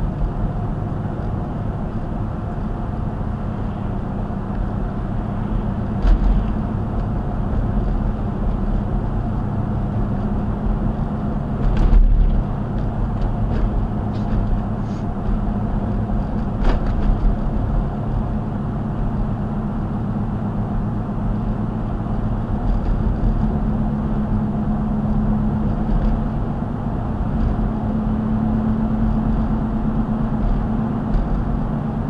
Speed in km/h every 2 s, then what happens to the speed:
63, 64, 66, 66, 68, 69, 68, 68, 68, 68, 69, 69, 71, 72, 74, 74.
0-32 speeds up to 74.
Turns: none.